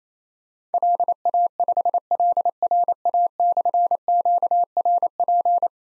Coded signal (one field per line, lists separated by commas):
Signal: Morse code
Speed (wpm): 27 wpm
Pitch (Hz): 700 Hz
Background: none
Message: LA5LRA/QRP